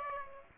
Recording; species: mosquito wingbeat signal from an infrared sensor; Aedes aegypti